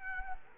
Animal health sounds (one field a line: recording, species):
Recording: mosquito wingbeat signal from an infrared sensor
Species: Culex quinquefasciatus